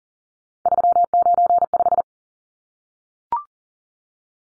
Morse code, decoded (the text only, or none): 395